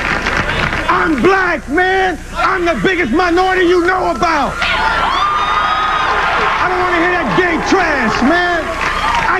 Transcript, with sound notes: I'm Black, man. I'm the biggest minority you know about.
(CHEERING)
I don't want to hear that gay trash, man.